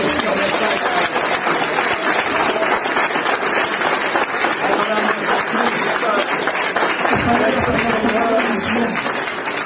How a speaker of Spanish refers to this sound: Y Dios está con nosotros para levantarnos y tenemos una linda familia. Y tenemos un fuerte aplauso al Padre.